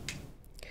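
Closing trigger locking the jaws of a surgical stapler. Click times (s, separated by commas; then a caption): 0.1 s. The closing trigger of a J&J MedTech ECHELON FLEX Powered or Powered Plus surgical stapler is squeezed fully, clamping the jaws, and gives a sharp click at 0.1 s. Two fainter ticks follow at about 0.4 and 0.6 s. The click shows that the closing trigger and the jaws are locked.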